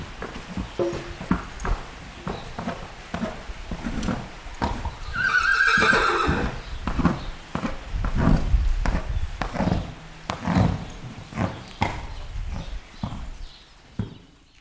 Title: Sylvain Jaskowiak - Animus. Chevaux à l'écurie - Céreste, Alpes-de-Haute-Provence - mai 2000